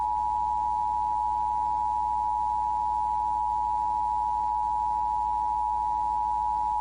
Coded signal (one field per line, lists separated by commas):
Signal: Emergency Alert System (SAME) tones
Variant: 853 and 960 Hz attention tone